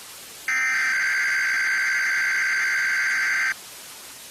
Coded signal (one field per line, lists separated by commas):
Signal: Emergency Alert System (SAME) tones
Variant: header bursts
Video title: eas alarm County part 1